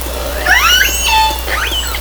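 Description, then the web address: Killer whale call: squealing whistled tones with rising and falling sweeps and a short flat note, over constant low water hum and hiss. Southern resident killer whale, call type S38. "Orca Calls Alwin Audiosamples call S 38"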